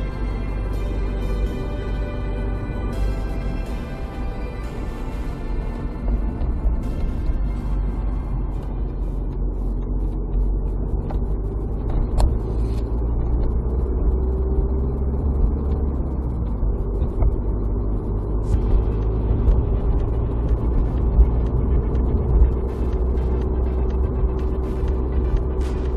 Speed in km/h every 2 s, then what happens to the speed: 52, 52, 52, 44, 31, 32, 31, 45, 50, 54, 60, 64, 66.
0-5 steady at about 52. 5-8 brakes to 31. 12-26 speeds up to 66.